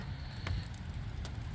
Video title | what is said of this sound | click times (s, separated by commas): 2020 Hyundai Kona broken side mirror glass replacement | I heard a little click hope | 0.5 s, 1.2 s